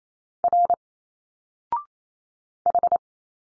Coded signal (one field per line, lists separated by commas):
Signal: Morse code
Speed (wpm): 28 wpm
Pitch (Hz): 700 Hz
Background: none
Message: R H